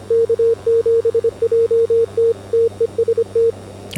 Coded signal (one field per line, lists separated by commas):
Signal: Morse code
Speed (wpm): 25 wpm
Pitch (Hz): 460 Hz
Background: radio noise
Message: K7JT TEST